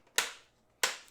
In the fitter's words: And then as soon as you crank that down, locks into place, and that really is not going anywhere.